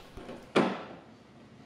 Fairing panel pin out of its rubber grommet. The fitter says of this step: hear a pop and they will release now